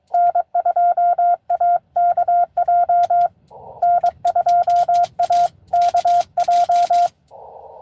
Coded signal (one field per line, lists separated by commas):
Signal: Morse code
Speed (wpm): 22 wpm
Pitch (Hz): 700 Hz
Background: radio noise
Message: N2AKJ N2AKJ